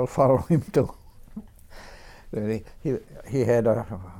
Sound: chuckles

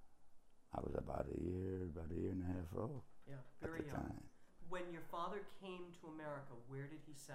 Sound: none

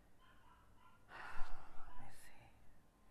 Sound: she sighs

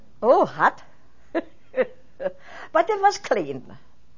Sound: she laughs

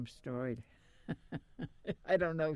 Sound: she laughs

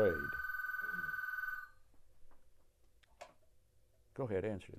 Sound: phone rings

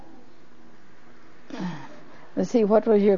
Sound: sighs

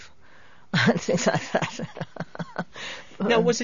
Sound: she laughs

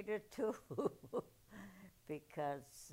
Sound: chuckles

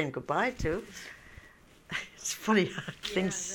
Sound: she laughs

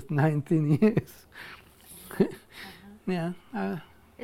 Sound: laughs

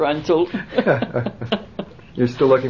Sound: they laugh

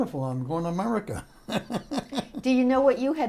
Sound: laughs

